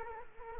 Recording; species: mosquito wingbeat signal from an infrared sensor; Culex quinquefasciatus